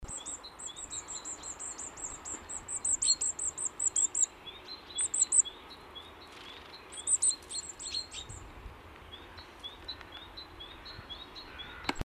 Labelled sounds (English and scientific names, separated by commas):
Common Firecrest (Regulus ignicapilla) song, Great Tit (Parus major), Carrion Crow (Corvus corone)